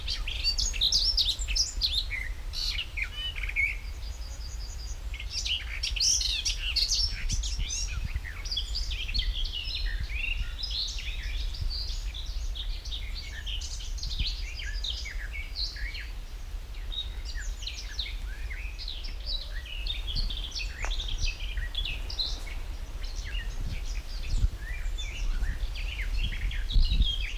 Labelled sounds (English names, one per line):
Garden Warbler